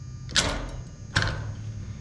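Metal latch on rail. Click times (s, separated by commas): 0.4 s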